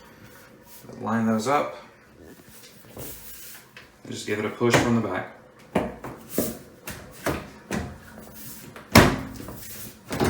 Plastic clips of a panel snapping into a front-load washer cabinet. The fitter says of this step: those will snap into place that's